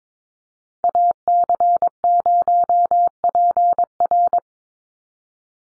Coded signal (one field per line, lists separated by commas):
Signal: Morse code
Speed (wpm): 22 wpm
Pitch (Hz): 700 Hz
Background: none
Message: AC0PR